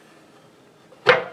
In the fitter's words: we go should snap right into place underneath there for you and then